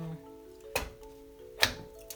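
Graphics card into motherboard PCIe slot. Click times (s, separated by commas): 1.6 s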